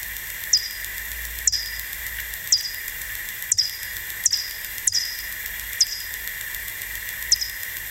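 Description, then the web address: Bat echolocation sounds: clipped descending sweeps recurring about once a second, some in quick pairs, above continuous hiss. "fledermaus hoerbeispiele-fledermausrufe fledermausruf"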